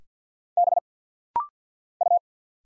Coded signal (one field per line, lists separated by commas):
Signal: Morse code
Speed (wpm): 50 wpm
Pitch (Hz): 700 Hz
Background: none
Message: B U